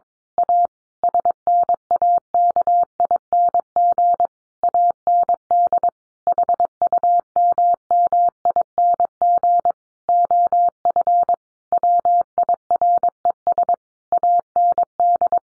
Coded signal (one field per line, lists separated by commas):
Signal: Morse code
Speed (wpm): 22 wpm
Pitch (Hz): 700 Hz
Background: none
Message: A SNAKING AND HUMMING OF WIRES AND